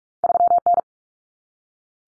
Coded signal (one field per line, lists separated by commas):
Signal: Morse code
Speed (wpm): 44 wpm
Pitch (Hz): 700 Hz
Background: none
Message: 3N